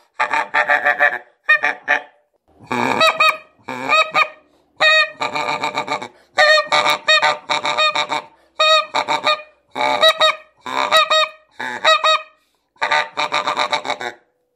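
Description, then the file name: Greylag goose honking, loud nasal honks in many bursts of several notes, separated by short pauses. "серый-гусь"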